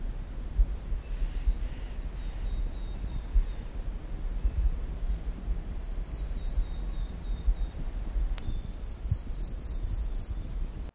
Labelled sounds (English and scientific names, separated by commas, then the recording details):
Willow Tit (Poecile montanus)
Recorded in the wild
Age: adult
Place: Mirnock, Kärnten, AT
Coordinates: 46.758, 13.714
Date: 1967-03-12
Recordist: Brunner, Thomas
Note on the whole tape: Aufnahme: Mirnock, Müllner Gatter, Kärnten